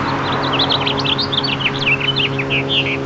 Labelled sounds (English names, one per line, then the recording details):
House Finch song
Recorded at Bridgehampton on Long Island, New York, on 22 June 2013
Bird G